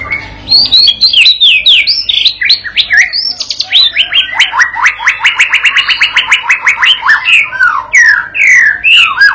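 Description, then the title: White-rumped shama song building from looping whistles into a long, fast, even trill of repeated notes, then back to varied slurred phrases. Provoking training song used to teach a young shama to sing persistently; said to make the bird answer straight away. "MURAI BATU PAUD BELAJAR GACOR, AJARI DENGAN MASTERAN PANCINGAN INI, PANCING LANGSUNG NYAUT"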